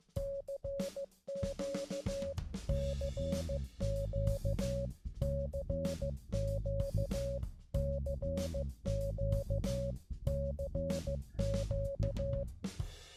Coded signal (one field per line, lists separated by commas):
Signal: Morse code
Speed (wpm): 15 wpm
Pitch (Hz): 550 Hz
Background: music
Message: CQ CQ CQ CQ CQ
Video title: The Nascent Morsebass Project